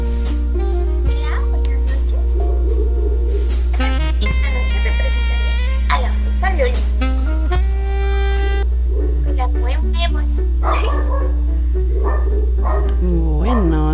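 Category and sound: animal, dog barking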